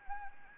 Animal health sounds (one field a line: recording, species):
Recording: mosquito wingbeat signal from an infrared sensor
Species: Anopheles gambiae